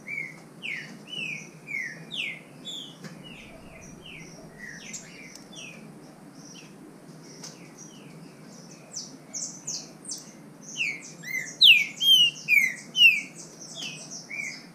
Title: Trinca Ferro NICÃ O No Mato Disputando Com Solto